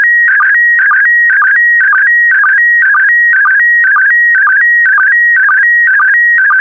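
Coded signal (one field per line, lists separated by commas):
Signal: SSTV (slow-scan television)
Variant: PD120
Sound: steady high tone broken twice a second by short warbling dips and clicks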